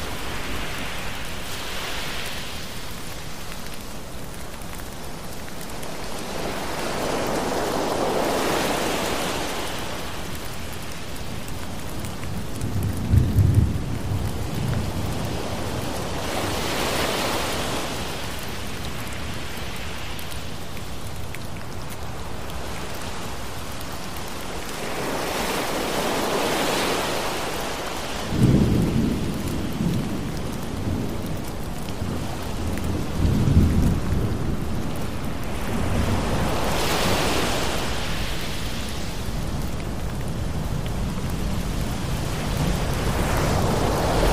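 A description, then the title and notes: Steady rain hisses throughout, overlaid by ocean waves that swell and recede in slow surges roughly every eight to ten seconds. Low rumbles of thunder break in briefly around 13, 28 and 34 seconds, and the texture stays dense and continuous. Thunderstorm Rain Sounds With Ocean Waves.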